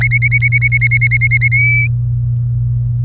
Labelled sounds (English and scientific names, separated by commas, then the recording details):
Domestic Canary (Serinus canaria) song
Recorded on 23 April 2018 at 18:20
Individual llb3